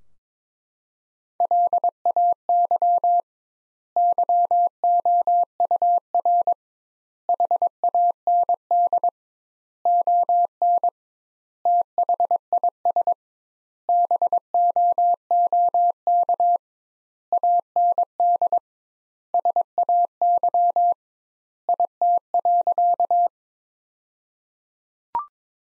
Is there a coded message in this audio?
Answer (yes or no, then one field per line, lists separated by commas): yes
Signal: Morse code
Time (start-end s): 1.4-23.3 s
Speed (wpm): 22 wpm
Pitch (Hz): 700 Hz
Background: none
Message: LAY YOUR HAND ON THIS BOOK AND SAY IT.